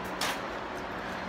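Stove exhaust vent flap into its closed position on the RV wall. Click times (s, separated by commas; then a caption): 0.2 s. On the exterior wall of a 2022 R-Pod 192 RV, the plastic stove exhaust vent flap is pressed back into its closed position so dust can't get in while traveling. A short, sharp click at 0.2 s rises over steady background noise with a low hum, and the flap clicks shut and seats.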